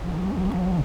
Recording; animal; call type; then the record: contact call of a hoofed animal; goat; low-frequency (closed-mouth) or high-frequency (open-mouth) call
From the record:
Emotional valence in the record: negative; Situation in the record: short social isolation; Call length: 0.84 s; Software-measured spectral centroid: 1300 Hz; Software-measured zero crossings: 560 a second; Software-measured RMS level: -24 dBFS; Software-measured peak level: -12 dBFS